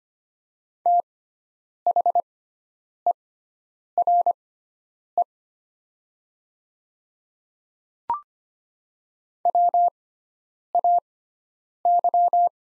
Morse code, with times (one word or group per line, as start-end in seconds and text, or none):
0.9-5.2 THERE
9.5-12.5 WAY